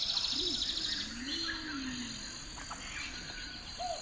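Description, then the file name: Bird calling: a fast high trill in the first second, then soft low whistled slurs rising and falling, over a steady high hiss. Bird flutter in a forest. "Bird Flutter in the Forrest"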